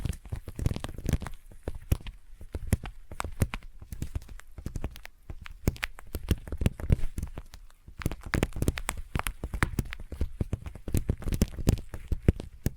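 Intense sticky tapping and sticky triggers fill the clip with fast, dense clicks and taps, often clustered in quick bursts. The sounds are crisp with a wet, tacky edge and a slight thump underneath, continuing without pause, with brief quieter gaps around four and eight seconds.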